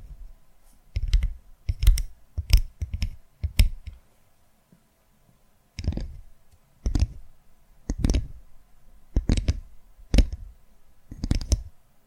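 Tapping triggers land as sharp, separate knocks with a dull low thud and a crisp bright click on top. A quick run of taps fills the first four seconds, then after a short pause they return more slowly, about one per second, over a faint steady hum.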